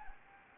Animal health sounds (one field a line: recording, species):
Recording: mosquito wingbeat signal from an infrared sensor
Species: Anopheles gambiae